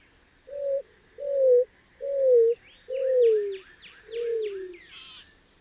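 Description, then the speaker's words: Greater roadrunner cooing, five low dove-like notes, the later ones falling in pitch, with a quick series of higher chirping notes from another bird over the last two. Low mournful coos descending in pitch, dove-like, from a thick patch of mesquite and creosote bushes near an abandoned ranch in Big Bend, early morning. "it's not a dove. It's the mournful song of a greater roadrunner, sounding off from a patch of mesquite and creosote bushes."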